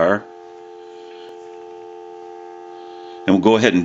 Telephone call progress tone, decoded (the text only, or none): dial tone